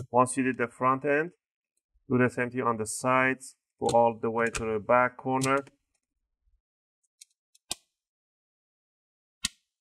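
Someone talks while prying along the side seam between the top and bottom plastic covers of an HP 15-ef series laptop with a guitar pick or opening tool, twisting outward so the snap clips release. After the talking stops, sharp snaps ring out at 7.7 s and 9.4 s as the bottom cover's plastic clips pop loose from the top case, with a few fainter ticks just before.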